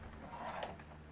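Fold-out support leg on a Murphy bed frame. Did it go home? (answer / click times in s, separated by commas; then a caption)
no / none. A small fold-out support leg on an RV Murphy bed frame is pulled out by hand, giving soft mechanical rubbing and creaking through the middle of the clip. Nothing has seated or clicked yet.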